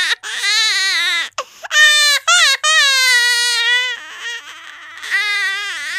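High-pitched, strongly tonal wails from a baby come in several bursts over six seconds, broken by brief gasping pauses and ending in a quieter whimper before crying resumes. The pitch wavers and rises within each cry. This is an ordinary infant cry.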